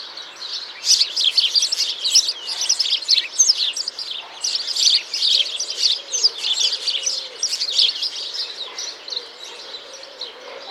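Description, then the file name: House sparrow calls: a continuous stream of sharp, clustered chirps, many overlapping, running throughout with uneven loudness. "Passer domesticus"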